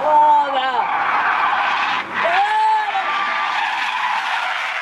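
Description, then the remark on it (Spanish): Car tires skid with two loud, high-pitched squeals, the first gliding downward and the second arching up then falling, over a steady roar of engine and road noise. “Si el auto de Manolo hablara.”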